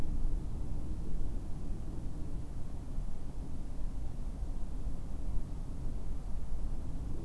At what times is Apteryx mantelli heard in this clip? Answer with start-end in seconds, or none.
none